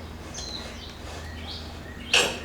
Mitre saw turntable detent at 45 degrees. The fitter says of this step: that snaps and then you don't have to lock this handle